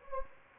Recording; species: mosquito wingbeat signal from an infrared sensor; Anopheles gambiae